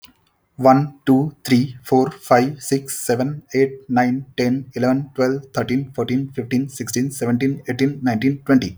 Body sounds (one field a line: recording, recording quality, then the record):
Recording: counting at a fast pace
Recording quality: excellent, no background noise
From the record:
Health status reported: healthy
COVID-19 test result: negative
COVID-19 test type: RT-PCR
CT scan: not taken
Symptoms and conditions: none ticked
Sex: male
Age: 33 years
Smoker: no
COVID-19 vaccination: one dose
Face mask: not worn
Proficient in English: yes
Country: India